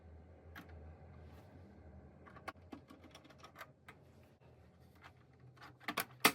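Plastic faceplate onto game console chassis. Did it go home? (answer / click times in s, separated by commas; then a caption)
yes / 5.9 s, 6.0 s, 6.3 s. A plastic side faceplate is slid back onto a PS5 game console body until its tabs catch, with faint scraping and light tapping before a cluster of sharp snaps at 5.9, 6.0 and 6.3 seconds. The faceplate is seated.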